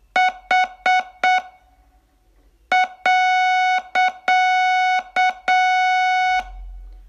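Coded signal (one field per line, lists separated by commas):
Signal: Morse code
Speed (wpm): 7 wpm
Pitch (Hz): 740 Hz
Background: none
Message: H .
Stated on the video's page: Day 9 of a 42-day Morse training course.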